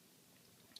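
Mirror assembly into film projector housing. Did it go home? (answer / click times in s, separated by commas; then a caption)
yes / 0.8 s. The rear mirror assembly of a Labelle Super 8 cartridge film projector is pressed into its mount on the plastic housing. A quiet, low hum runs under faint small ticks until a short, sharp click at 0.8 s. The mirror piece pops into place as it should and is seated.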